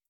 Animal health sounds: hydrophone in a shrimp aquaculture tank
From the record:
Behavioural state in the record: starved

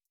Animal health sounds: hydrophone in a shrimp aquaculture tank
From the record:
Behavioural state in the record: stressed

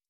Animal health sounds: hydrophone in a shrimp aquaculture tank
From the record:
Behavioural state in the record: stressed

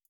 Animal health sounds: hydrophone in a shrimp aquaculture tank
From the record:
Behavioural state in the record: feeding

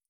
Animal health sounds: hydrophone in a shrimp aquaculture tank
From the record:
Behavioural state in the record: feeding

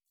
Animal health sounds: hydrophone in a shrimp aquaculture tank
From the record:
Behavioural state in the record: starved

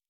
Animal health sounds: hydrophone in a shrimp aquaculture tank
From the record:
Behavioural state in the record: normal

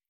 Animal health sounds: hydrophone in a shrimp aquaculture tank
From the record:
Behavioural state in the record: stressed

